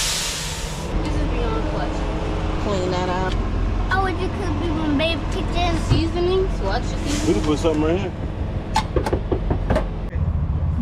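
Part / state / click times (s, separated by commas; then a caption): travel latch on an RV kitchen cabinet / seated / 8.8 s. In an RV kitchen, a cupboard or drawer is closed and its travel latch clicks into the locked position at 8.8 s, with the silver latch bar set straight across. Someone talks over a steady low rumble, and a few more short knocks follow between 9.0 and 9.7 s. The latch is seated.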